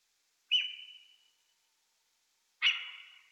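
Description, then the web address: Hazel dormouse squeaking: two short, high whistled cries, each with a sharp start and a fading tail, about two seconds apart, with silence between. "Sissonne Muscardin-cris"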